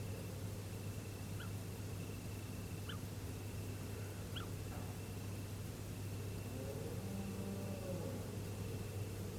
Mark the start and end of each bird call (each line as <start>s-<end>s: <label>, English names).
1.38s-1.48s: Little Owl
2.87s-2.98s: Little Owl
4.34s-4.46s: Little Owl